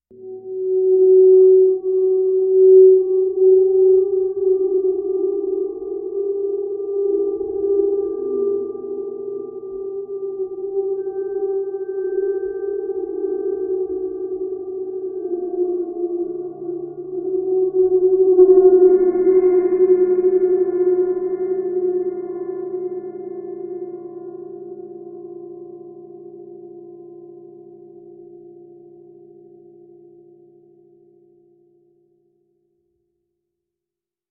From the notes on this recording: gongs, flutes, Windwand, crystal bowls